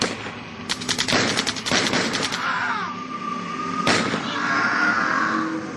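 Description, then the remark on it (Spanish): Rapid bursts of gunfire crackle in quick succession during a battle skirmish, followed by a sharp single shot and a lingering whistling, ringing tone as the shooting trails off. “¿Qué capas se están abriendo paso a los tiros, teniente?”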